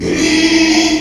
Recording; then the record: squeal of a Yucatan mini pig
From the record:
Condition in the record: after surgery on the right vocal fold (resection and tissue-engineered implant); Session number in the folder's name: 2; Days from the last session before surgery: 13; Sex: male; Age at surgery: 12 weeks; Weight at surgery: 13 kg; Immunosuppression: cyclosporine, prednisolone